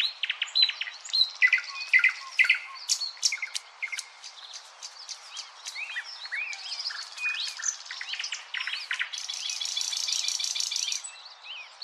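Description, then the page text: Thrush nightingale song with sharp clicking notes and chuckling phrases, building to a high fast buzzy trill toward the end. "Thrush Nightingale #song Nattergal. knut the bird nerd"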